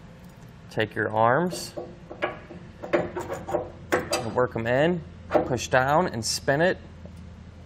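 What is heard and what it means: Someone talks while a removable tow bar arm from a Blue Ox base plate kit is worked into the base plate bracket on a 2019 Ford Explorer, with a few brief handling knocks between the words. The arm is being pushed down and turned, but nothing has seated or locked into place yet.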